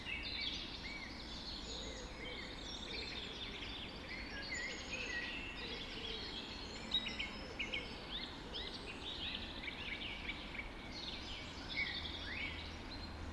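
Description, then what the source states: Birds: dense birds, many high chirps, trills and warbled phrases overlapping continuously, with soft low background rumble. Birds recorded just after dawn in the Forest of Dean.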